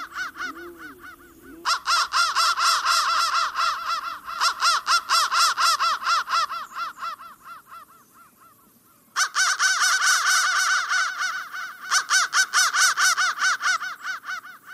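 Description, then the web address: Crow calls: harsh, rapid bursts of repeated caws, with a short quieter gap before another loud series of caws. "soundfactory crow"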